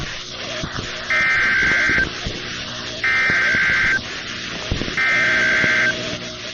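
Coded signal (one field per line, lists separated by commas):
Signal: Emergency Alert System (SAME) tones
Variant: header bursts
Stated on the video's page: Simulated EAS scenario.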